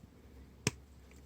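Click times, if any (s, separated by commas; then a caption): 0.7 s. The plastic hand of a Transformers action figure is pulled outward on its wrist peg, giving one sharp click at 0.7 s against quiet background. The click frees the double-jointed hinge so the hand can splay forward and bend at the wrist, and the hand is released.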